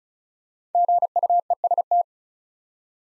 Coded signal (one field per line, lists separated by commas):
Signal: Morse code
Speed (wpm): 36 wpm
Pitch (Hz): 700 Hz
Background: none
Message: GUEST